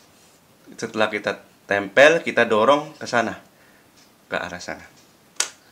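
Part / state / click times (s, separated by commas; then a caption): plastic drive bay cover onto game console body / seated / 5.4 s. A plastic hard-disk bay cover is placed on a game console body and slid sideways until it latches. Someone talks, then a sharp click at 5.4 s marks the cover snapping home and seating.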